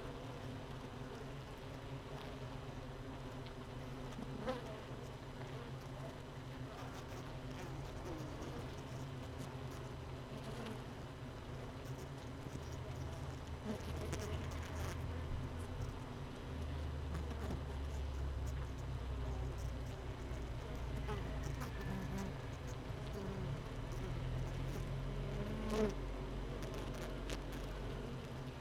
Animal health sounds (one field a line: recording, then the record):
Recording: honeybee colony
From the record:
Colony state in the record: missing queen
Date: 31 May 2018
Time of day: 17:13